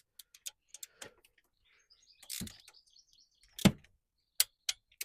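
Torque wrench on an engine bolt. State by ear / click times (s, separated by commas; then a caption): torque reached / 4.4 s. A click-type torque wrench set to 30 tightens a bolt on a Mini Cooper engine, with scattered light ticks and a couple of duller knocks around 2.4 s and 3.7 s. The wrench gives a sharp click at 4.4 s, followed by two more crisp clicks near 4.7 s and 5.0 s. The bolt reaches 30 and nothing snaps.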